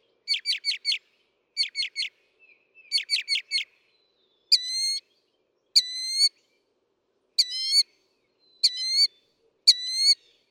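Northern mockingbird song: phrases of rapid chip notes in sets of three or four, then a series of similar upswept, harmonic-rich notes.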